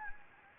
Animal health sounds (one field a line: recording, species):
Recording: mosquito wingbeat signal from an infrared sensor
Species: Anopheles gambiae